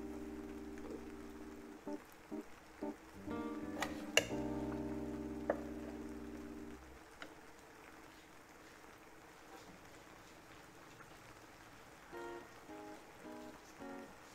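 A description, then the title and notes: Tea time indoors with rain in the background: a low steady hum, like a kettle or appliance, runs for the first seven seconds, with light clinks and taps of cups around two to six seconds. Afterward a quieter patter continues, with a few soft clinks near twelve seconds. Rainy tea time ambience. Kitchen. Tea brewing. Light rain.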